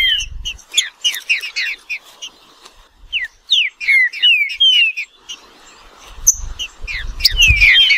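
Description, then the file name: Green-winged saltator song: quick bursts of slurred whistles falling in pitch, pausing briefly, then resuming, with low thumping noise at the start and end. "canto do trinca ferro"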